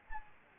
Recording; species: mosquito wingbeat signal from an infrared sensor; Anopheles gambiae